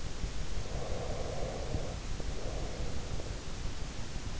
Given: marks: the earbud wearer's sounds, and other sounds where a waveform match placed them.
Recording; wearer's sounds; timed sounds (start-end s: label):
sounds in sleep by an in-ear microphone; breath
0.51-3.57 s: breath